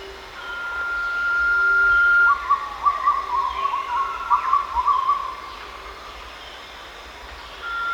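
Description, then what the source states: Blue-banded pitta whistle: a flat sustained tone near the start, followed by rapid jumbled chirping, and another whistle begins at the very end. Recorded at Danum on 1 March 2008.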